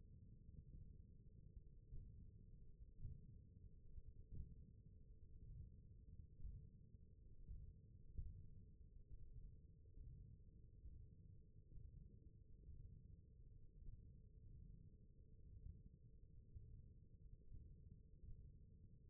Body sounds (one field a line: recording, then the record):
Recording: forearm muscle sounds (acoustic myography)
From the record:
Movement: thumb flexion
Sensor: system 1, eight BSWA MPA416 microphones around the upper forearm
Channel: 1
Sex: male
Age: 21 years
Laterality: right